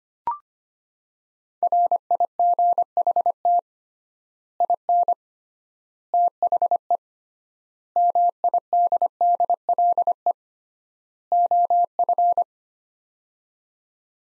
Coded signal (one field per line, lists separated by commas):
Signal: Morse code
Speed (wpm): 25 wpm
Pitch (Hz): 700 Hz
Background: none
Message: RIGHT IN THE MIDDLE OF